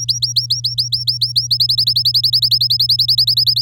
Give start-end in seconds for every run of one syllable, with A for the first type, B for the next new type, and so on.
0.00-1.47 A, 1.50-3.61 B